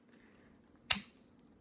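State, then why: Seated. An ACETECH Predator MK3 airsoft tracer unit is popped onto its bearing quick-release adapter on the barrel instead of being screwed on. A single sharp click lands at 0.9 s amid a few faint ticks, and the unit locks in place.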